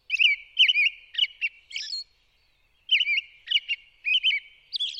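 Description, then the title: American robin singing short, rich caroling phrases in quick bursts, with thin, high whispery notes above, a brief pause in the middle before the phrases resume. Evening song, sung from sunset until dark; ethereal whispered notes added to the daytime carol; in high latitudes may continue for hours through twilight. "Voices and Vocabularies - Robin's Evening Song"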